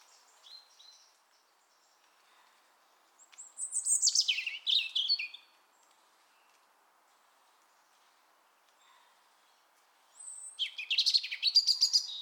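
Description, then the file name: European robin song with two bright, high warbling phrases of rapid sliding and trilled notes separated by about five seconds of near silence, faint chirps before. "Erithacus rubecula"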